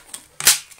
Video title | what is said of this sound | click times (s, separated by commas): Dyson DC07 - FULL Reassembly How-To Video! | good enough it should just click back in all the way around and that's this entire piece here done | 0.4 s